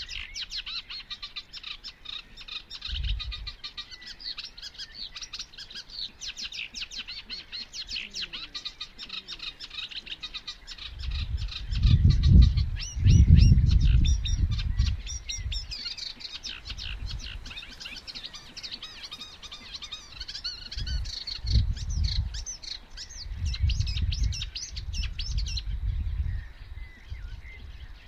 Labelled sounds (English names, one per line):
Eurasian Reed Warbler song